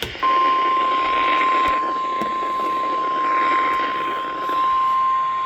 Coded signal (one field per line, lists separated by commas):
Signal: Emergency Alert System (SAME) tones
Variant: 1050 Hz attention tone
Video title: Being Sick is always nice. (Not really.) | EAS Alerts from 6/17-19/25 | EAS#2,169-2,202